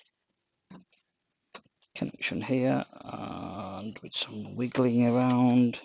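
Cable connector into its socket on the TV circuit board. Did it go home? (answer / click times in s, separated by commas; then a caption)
no / none. A cable connector is being manoeuvred to line it up underneath its socket on the circuit board of a Logik 32-inch L32HE12 TV, which is being repaired for not turning on because of bad 470µF 16V capacitors. A few light ticking handling noises come at about 0.0, 0.9, 1.6 and 1.8 seconds while someone talks. Nothing has seated or clicked yet.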